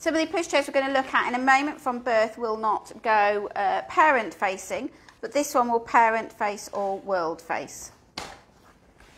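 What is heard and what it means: Someone talks while a Casatto Giggle Mix pushchair's convertible seat or carrycot unit, in Mr Fox, is handled onto the chassis's plastic and metal adaptors. A sharp handling knock sounds at 8.2 s, followed by a softer rustle near 9.0 s. The unit has not clicked into place yet.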